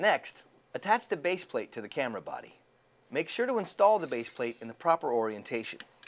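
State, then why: Not seated. A base plate is being handled onto the body of a DRS WatchMaster IP Elite security camera, to be installed in the proper orientation, while someone talks throughout. A brief faint transient comes right at the end, but the plate has not yet snapped into place and nothing has seated or clicked.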